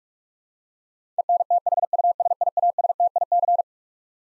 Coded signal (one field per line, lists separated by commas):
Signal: Morse code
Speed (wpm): 46 wpm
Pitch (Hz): 700 Hz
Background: none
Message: ENTHUSIASTIC